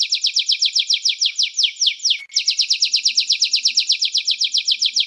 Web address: sounds canary canary-sound